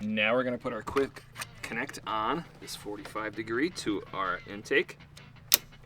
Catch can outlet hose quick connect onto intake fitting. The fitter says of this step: and push it on until it clicks.